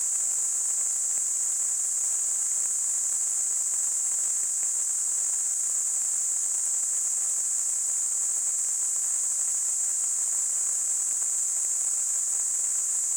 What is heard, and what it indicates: Tinnitus.